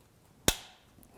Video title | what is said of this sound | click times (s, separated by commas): How to Mount Your Scope Level to Your Gun | it clicks there | 0.5 s